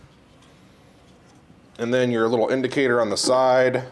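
A removable burr is handled at the burr carrier of a Baratza ESP coffee grinder, with the red notch on the burr being lined up with the red mark on the grinder before seating it. The first 1.8 seconds are a quiet stretch of faint handling, and then someone talks. Nothing has seated or clicked yet.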